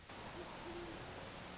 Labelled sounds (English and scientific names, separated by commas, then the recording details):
Great Horned Owl (Bubo virginianus)
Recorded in Sonoma County, California